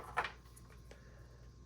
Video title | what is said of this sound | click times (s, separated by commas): GI Joe Classified Tele-Viper and Flight Pod Review | and Pops right in there and it is nice and flexible so you don't have to really worry too much about it | 0.2 s